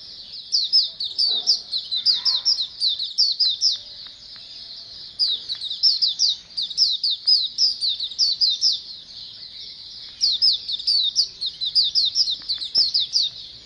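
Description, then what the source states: Common nightingale song: long, rapid sequences of high, slurred chirps delivered in bursts of several seconds, each broken by short pauses, with little other sound. Masteran recording, made for training cage birds to sing.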